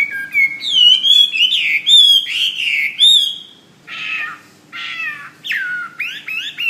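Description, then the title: Bird song of rich, rolling warbled phrases that turn rougher and breathier, followed by a few quick upward-sweeping notes. "SuaraBurung Kicau"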